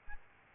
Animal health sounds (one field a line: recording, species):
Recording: mosquito wingbeat signal from an infrared sensor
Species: Aedes albopictus